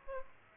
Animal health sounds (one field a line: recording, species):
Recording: mosquito wingbeat signal from an infrared sensor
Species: Aedes aegypti